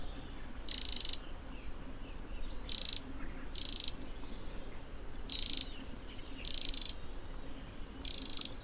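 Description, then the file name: Eurasian wren giving rapid high-pitched trilled bursts, each under a second, six times with short pauses between, against faint low hum. "Troglodytes troglodytes"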